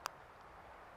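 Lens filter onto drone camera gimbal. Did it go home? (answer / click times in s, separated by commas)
yes / 0.1 s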